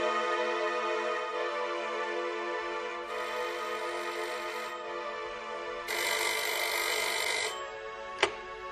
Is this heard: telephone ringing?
yes